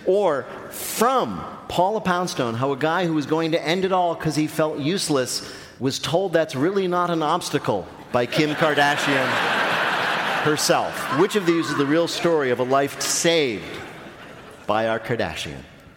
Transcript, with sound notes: or from Paula Poundstone - how a guy who was going to end it all because he felt useless, was told that's really not an obstacle by Kim Kardashian...
(LAUGHTER)
...Herself. Which of these is the real story of a life saved by our Kardashian?